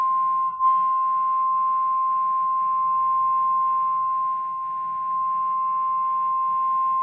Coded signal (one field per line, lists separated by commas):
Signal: Emergency Alert System (SAME) tones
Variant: 1050 Hz attention tone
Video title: Severe Thunderstorm Warning #3 EAS (Cox) 5/1/25